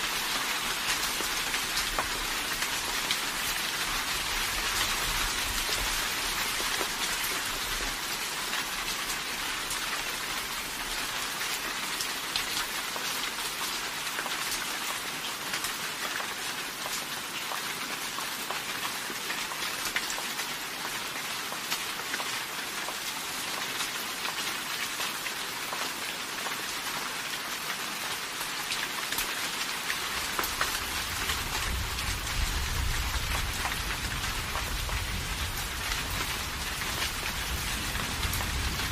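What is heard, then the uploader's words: Steady, dense rain hisses through the whole clip, a bright wash of countless fine drops with no gaps. From about thirty seconds a low rumble of thunder rises underneath and carries on to the end, while the rain keeps the same even level. Rain & Thunder Sleep Sounds. Rain noise and thunder noise.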